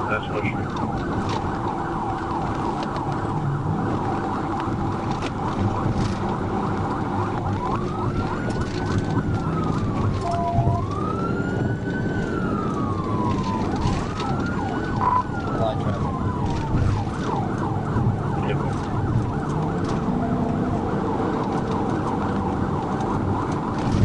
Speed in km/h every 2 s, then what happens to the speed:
85, 87, 90, 93, 101, 111, 109, 109, 109, 114, 114, 109.
0-10 speeds up to 111. 10-20 steady at about 109.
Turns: none.